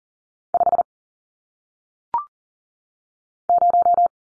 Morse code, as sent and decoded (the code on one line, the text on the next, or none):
..... / -----
5 0